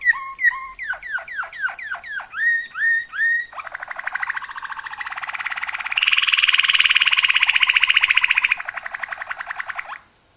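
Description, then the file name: Waterslager canary song: several gliding liquid notes, then a long fast rattling trill that swells louder and brighter in the middle before ending abruptly. Waterslager canary song variations. "kenari waterslager variasi omkicau"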